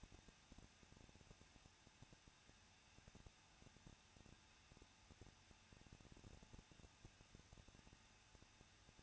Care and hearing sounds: daily activity, microphone in the room; no activity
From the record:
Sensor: 2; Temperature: 21.0 degrees Celsius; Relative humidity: 37.5%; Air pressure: 1006.2 hPa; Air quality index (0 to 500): 223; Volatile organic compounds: 25 ppm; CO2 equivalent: 2827 ppm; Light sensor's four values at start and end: 2/3/2/2 and 2/3/2/2

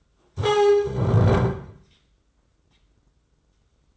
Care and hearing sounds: daily activity, microphone in the room; stand up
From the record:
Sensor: 3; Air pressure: 996.0 hPa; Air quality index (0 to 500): 246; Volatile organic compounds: 1000 ppm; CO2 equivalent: 6303 ppm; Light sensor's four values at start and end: 39/94/41/44 and 38/92/40/43

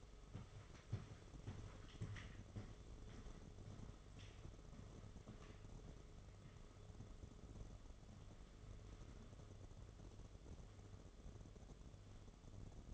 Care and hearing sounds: daily activity, microphone in the room; walk to room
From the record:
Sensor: 4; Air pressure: 1011.2 hPa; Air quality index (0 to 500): 135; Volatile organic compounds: 3 ppm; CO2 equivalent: 1381 ppm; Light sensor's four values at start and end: 142/371/158/162 and 169/442/188/194

